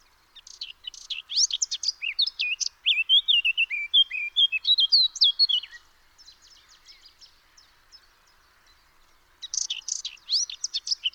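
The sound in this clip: Eurasian blackcap song: a rapid run of high chirps and twittering notes, then warbled whistles, a quieter pause, and a fresh burst of chirps at the end.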